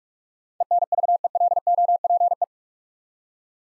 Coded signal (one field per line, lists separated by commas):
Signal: Morse code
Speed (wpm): 44 wpm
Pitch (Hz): 700 Hz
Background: none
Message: ENVELOPE